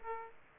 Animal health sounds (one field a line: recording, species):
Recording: mosquito wingbeat signal from an infrared sensor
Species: Aedes aegypti